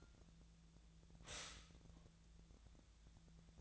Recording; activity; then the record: daily activity, microphone in the room; stop toaster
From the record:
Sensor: 3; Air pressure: 1009.3 hPa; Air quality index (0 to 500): 197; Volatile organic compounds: 16 ppm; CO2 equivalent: 2559 ppm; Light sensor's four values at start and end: 31/79/33/36 and 31/79/33/36